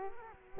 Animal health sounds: mosquito wingbeat signal from an infrared sensor; Culex quinquefasciatus

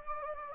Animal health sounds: mosquito wingbeat signal from an infrared sensor; Anopheles gambiae

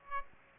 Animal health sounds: mosquito wingbeat signal from an infrared sensor; Aedes aegypti

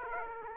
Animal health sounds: mosquito wingbeat signal from an infrared sensor; Aedes aegypti

